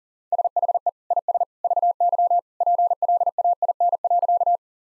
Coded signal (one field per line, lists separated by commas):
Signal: Morse code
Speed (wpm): 40 wpm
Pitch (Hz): 700 Hz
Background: none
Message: SHE IS VY PLAIN.